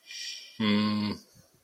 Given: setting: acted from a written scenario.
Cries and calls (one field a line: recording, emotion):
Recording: vocal sound without words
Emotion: confusion